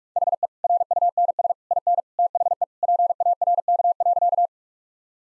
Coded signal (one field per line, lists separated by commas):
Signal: Morse code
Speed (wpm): 46 wpm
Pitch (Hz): 700 Hz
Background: none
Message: HE RUNS IN THE PARK.